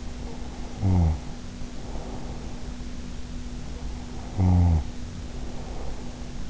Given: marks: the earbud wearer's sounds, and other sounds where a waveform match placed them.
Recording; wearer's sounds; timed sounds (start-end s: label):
sounds in sleep by an in-ear microphone; snoring breath
0.04-2.81 s: snoring breath
3.58-6.41 s: snoring breath